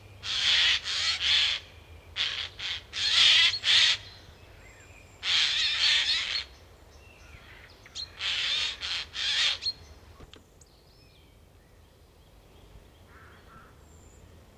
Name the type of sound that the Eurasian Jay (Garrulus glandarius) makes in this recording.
alarm call